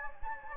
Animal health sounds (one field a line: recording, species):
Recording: mosquito wingbeat signal from an infrared sensor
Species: Anopheles gambiae